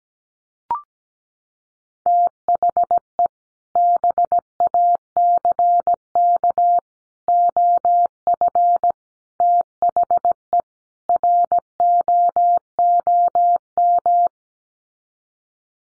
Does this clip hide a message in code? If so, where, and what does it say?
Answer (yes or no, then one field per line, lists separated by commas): yes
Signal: Morse code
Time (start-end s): 2.1-14.3 s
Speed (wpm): 17 wpm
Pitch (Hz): 700 Hz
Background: none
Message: THE BACK OF THE ROOM